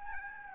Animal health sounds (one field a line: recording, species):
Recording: mosquito wingbeat signal from an infrared sensor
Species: Aedes albopictus